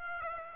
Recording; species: mosquito wingbeat signal from an infrared sensor; Aedes aegypti